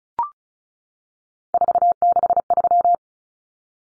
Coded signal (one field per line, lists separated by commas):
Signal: Morse code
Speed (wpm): 34 wpm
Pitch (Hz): 700 Hz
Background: none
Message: 463